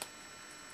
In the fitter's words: push it until it clicks and